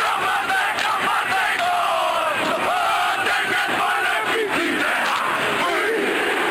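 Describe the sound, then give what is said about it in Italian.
New Zealand's All Blacks rugby team performs the haka war chant, many voices at once: loud rhythmic shouting and bellowed calls over a steady crowd roar, sustained throughout with repeated punchy beats. “Loro, i neozelandesi del rugby, leggende dello sport mondiale, e per capirci basta il nome, All Blacks e l'eco della haka.”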